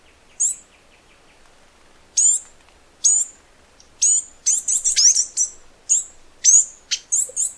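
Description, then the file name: Flame-crested Tanager song of sharp, high descending notes, quickening into dense runs of piercing chips toward the end. "canto do tie galo"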